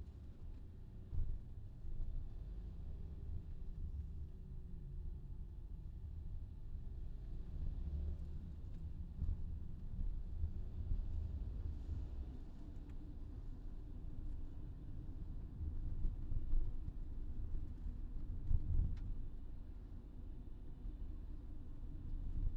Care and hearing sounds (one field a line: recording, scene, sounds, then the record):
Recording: everyday scene through a hearing-aid microphone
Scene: in a vehicle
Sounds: engine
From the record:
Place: VW T5 Caravelle, diesel engine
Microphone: in the ear canal, left